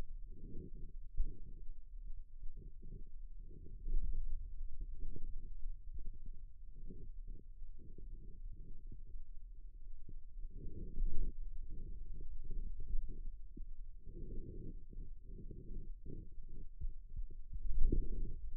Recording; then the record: forearm muscle sounds (acoustic myography)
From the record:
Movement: pen grasping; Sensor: system 2, bracelet of six BSWA MPA416 microphones around the upper forearm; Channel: 4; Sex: male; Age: 22 years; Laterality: right